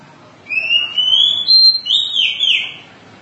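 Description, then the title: Oriental magpie-robin song: a run of bright, whistled phrases lasting about two and a half seconds, the notes sliding between pitches. "Kacer"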